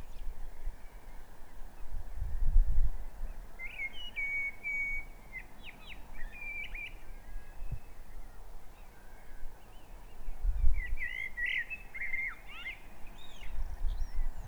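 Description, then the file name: Common blackbird calls: two short bursts of jumbled whistled and chirping notes several seconds apart, against a continuous low background rumble. "Turdus merula"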